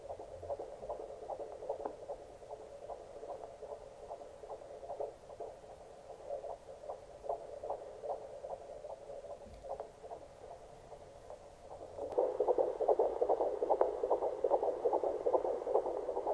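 Rapid, regular whooshing pulses, about 146 a minute, over steady hiss: a fetal heartbeat, growing louder partway through.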